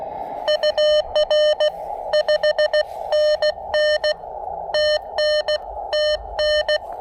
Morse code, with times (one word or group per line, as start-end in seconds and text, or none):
0.5-1.7 UR
2.1-4.1 5NN
4.7-5.6 TN
5.9-6.8 TN